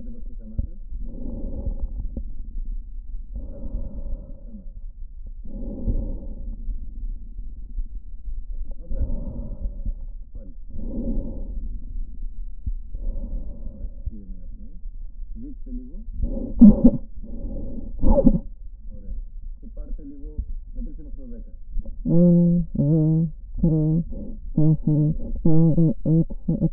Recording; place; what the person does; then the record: lung sounds by stethoscope; right posterior apical chest; quiet breathing, then cough and speech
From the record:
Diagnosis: interstitial lung disease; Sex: female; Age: 72 years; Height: 158 cm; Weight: 69 kg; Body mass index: 27.6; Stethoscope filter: diaphragm mode